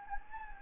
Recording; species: mosquito wingbeat signal from an infrared sensor; Anopheles gambiae